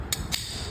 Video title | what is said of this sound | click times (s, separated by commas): Medicine viva instruments | അത് ലോക് ആകും lock ആയി കഴിഞ്ഞത് മുകളത്തേക്ക് ലൈറ്റ് കത്തും | 0.1 s, 0.3 s